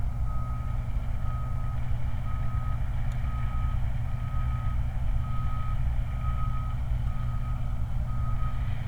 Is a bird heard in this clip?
no